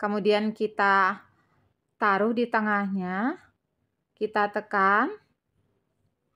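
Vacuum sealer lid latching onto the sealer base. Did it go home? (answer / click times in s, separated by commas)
no / none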